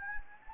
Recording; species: mosquito wingbeat signal from an infrared sensor; Anopheles gambiae